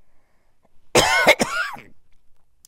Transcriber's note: she coughs